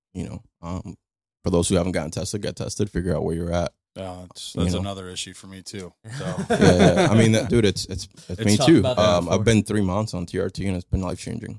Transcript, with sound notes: You know, for those who haven't gotten tested, get tested, figure out where you're at.
That's another issue for me too. (laughing)
I mean, dude, it's me too.
I've been three months on TRT, and it's been life-changing.